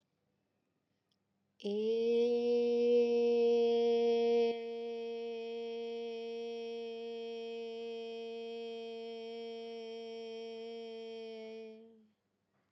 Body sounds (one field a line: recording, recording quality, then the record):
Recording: sustained vowel as in made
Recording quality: excellent, no background noise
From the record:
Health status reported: COVID-19 positive, mild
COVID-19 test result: positive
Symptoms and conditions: fatigue, muscle pain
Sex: female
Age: 25 years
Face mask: not worn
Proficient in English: yes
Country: India